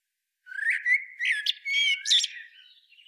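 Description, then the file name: Common blackbird calls: a loud, busy sequence of squawking and chattering notes with whistled tones woven through, tailing off quietly. "Turdus merula"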